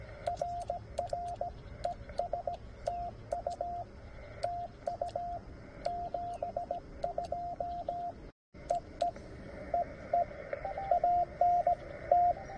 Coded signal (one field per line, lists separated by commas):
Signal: Morse code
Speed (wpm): 16 wpm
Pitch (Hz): 700 Hz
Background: radio noise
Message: RR ES TU TU 72 EE EE ANT